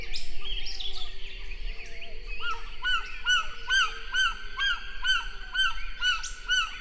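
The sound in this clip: White-winged guan calling: a series of short arched notes repeated about twice a second, over other bird sounds.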